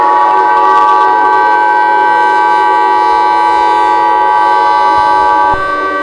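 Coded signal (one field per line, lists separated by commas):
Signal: Emergency Alert System (SAME) tones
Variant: 853 and 960 Hz attention tone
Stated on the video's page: Simulated alert scenario with multiple sirens from another creator.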